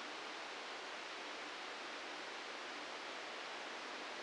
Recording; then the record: brain microelectrode recording played as sound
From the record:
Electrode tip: outside the subthalamic nucleus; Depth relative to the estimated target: 2 mm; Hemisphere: right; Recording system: NeuroSet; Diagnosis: Parkinson's disease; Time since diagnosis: 9 years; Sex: male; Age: 61 years